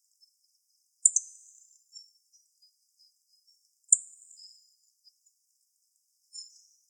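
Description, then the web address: Yellow-throated bunting calls: two thin, high, sharp tsip notes about three seconds apart, each trailing off slightly downward, with a fainter note at the end. Recorded 26 December 2014. "birdenaga miyamahojiro C 141226"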